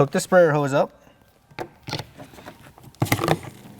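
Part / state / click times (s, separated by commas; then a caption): sprayer hose fitting into RV exterior quick-connect port / seated / 3.0 s. Someone talks, then pushes an exterior sprayer hose fitting into the quick-connect water port on a Winnebago Travato RV while de-winterizing it. A sharp hit at 3.0 s is followed by smaller rattles as the hose fitting locks into the port and seats.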